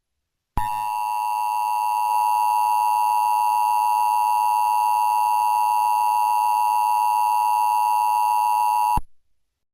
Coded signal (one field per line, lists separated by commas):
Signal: Emergency Alert System (SAME) tones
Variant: 853 and 960 Hz attention tone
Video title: EAS #4 tornado warning